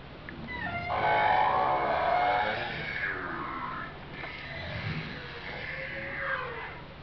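Whale calls: drawn-out tonal moans and squealing sweeps, some rising.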